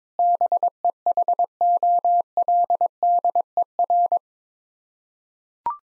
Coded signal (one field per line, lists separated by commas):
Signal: Morse code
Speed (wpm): 22 wpm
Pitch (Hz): 700 Hz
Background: none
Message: BEHOLDER